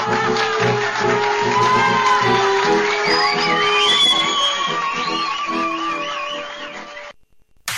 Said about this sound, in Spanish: Décima y última pregunta, si la contesta bien aplaudimos todos, se gana el viaje a Bariloche.